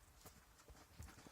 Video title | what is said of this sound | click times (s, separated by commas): LES DIFFERENTS COMPOSANTS DANS UN PC / EPISODE 2 / LA RAM | Et ensuite, une fois que c'est clipsé, ici, elle est installée et | 1.0 s